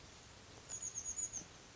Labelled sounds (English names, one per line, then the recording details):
Chestnut-backed Chickadee
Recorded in Sonoma County, California